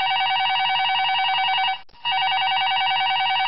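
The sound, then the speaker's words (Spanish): The distinction bell on the radio programme Once Variedades, an electric bell, rings loudly and steadily with a bright, buzzing tone, breaking off for a moment partway through before ringing on again. No voices are heard. “Vuelve a sonar el timbre de la distinción.”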